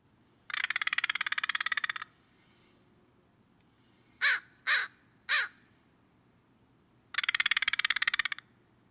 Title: American Crow